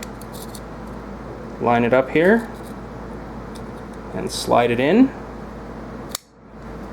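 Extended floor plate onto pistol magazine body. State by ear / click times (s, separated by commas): seated / 6.1 s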